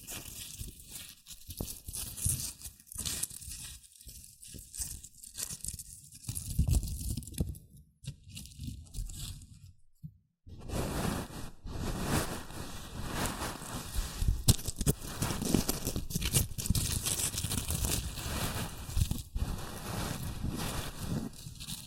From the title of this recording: Rustling and Crinkle Sounds (Shredded Tissue, Packing Peanuts)